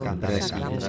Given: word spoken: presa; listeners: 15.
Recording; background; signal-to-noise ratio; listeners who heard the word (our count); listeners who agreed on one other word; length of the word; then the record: one Spanish word in noise, from a listening test; eight-talker babble; 0.3 dB; 0 of 15; 6 of 15; 0.49 s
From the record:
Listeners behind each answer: 6, 3, 1, 1, 1, 1, 1, 1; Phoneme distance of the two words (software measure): 14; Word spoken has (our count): 2 syllables, 5 phonemes, stress on syllable 1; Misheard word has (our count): 3 syllables, 7 phonemes, stress on syllable 2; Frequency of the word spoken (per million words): 18.87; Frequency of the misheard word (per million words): 218.28